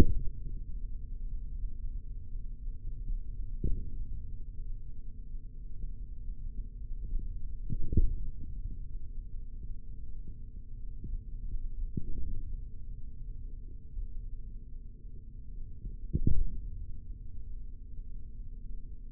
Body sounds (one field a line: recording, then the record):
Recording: forearm muscle sounds (acoustic myography)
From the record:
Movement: hand opening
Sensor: system 3, bracelet of six PUI Audio POM-2738L microphones around the upper forearm, with dedicated amplification and filtering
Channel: 3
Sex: male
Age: 43 years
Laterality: right